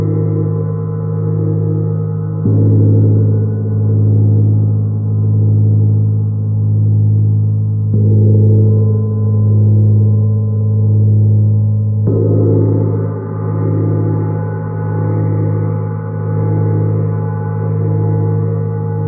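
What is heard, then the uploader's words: A Jupiter gong hums steadily on a deep tone near F#, with a slow, regular pulsing wobble in its low ring. Fresh soft strikes at about 2.5, 8 and 12 seconds renew the wash without sharp attacks. The sound stays mellow, with little brightness on top. Jupiter Gong Sound Immersion. The Jupiter gong resonates at the approximate musical note of F#.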